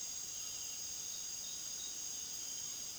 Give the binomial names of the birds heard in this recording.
none